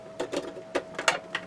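A plastic GN drive unit is pressed onto the back of a Perfect Grade Trans-Am Gundam Exia model kit frame, giving a series of small, sharp plastic clicks and rattles. The loudest click at 1.1 s marks the drive unit seating home on the back. A final lighter tick follows.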